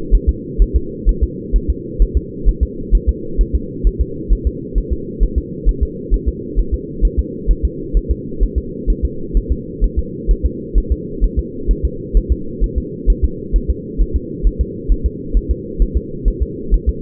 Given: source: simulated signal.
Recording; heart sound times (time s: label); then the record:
fetal heart sounds
0.15 s: S1
0.29 s: S2
0.62 s: S1
0.76 s: S2
1.09 s: S1
1.24 s: S2
1.56 s: S1
1.70 s: S2
2.02 s: S1
2.17 s: S2
2.49 s: S1
2.63 s: S2
2.95 s: S1
3.09 s: S2
3.41 s: S1
3.55 s: S2
3.87 s: S1
4.01 s: S2
4.33 s: S1
4.47 s: S2
4.78 s: S1
4.93 s: S2
5.23 s: S1
5.38 s: S2
5.69 s: S1
5.83 s: S2
6.14 s: S1
6.28 s: S2
6.59 s: S1
6.74 s: S2
7.05 s: S1
7.19 s: S2
7.51 s: S1
7.65 s: S2
7.97 s: S1
8.11 s: S2
8.43 s: S1
8.58 s: S2
8.90 s: S1
9.05 s: S2
9.37 s: S1
9.52 s: S2
9.84 s: S1
9.99 s: S2
10.31 s: S1
10.46 s: S2
10.78 s: S1
10.92 s: S2
11.24 s: S1
11.39 s: S2
11.71 s: S1
11.85 s: S2
12.17 s: S1
12.32 s: S2
12.64 s: S1
12.78 s: S2
13.10 s: S1
13.24 s: S2
13.56 s: S1
13.70 s: S2
14.01 s: S1
14.16 s: S2
14.47 s: S1
14.61 s: S2
14.92 s: S1
15.06 s: S2
15.37 s: S1
15.51 s: S2
15.82 s: S1
15.97 s: S2
16.28 s: S1
16.43 s: S2
16.74 s: S1
16.89 s: S2
From the record:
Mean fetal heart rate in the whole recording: 130 bpm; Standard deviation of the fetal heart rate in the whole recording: 2 bpm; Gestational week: 36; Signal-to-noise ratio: -4.3 dB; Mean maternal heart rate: 72 bpm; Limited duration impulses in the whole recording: absent